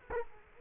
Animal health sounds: mosquito wingbeat signal from an infrared sensor; Culex quinquefasciatus

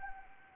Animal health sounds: mosquito wingbeat signal from an infrared sensor; Anopheles arabiensis

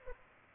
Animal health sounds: mosquito wingbeat signal from an infrared sensor; Culex pipiens

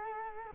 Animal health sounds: mosquito wingbeat signal from an infrared sensor; Culex quinquefasciatus

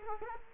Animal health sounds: mosquito wingbeat signal from an infrared sensor; Culex quinquefasciatus

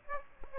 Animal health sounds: mosquito wingbeat signal from an infrared sensor; Aedes aegypti

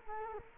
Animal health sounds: mosquito wingbeat signal from an infrared sensor; Culex quinquefasciatus

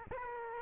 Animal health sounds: mosquito wingbeat signal from an infrared sensor; Aedes aegypti

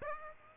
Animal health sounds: mosquito wingbeat signal from an infrared sensor; Aedes aegypti

